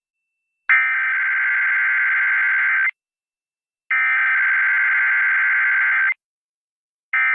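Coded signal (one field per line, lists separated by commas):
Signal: Emergency Alert System (SAME) tones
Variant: header bursts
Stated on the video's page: Sunday morning weekly tests.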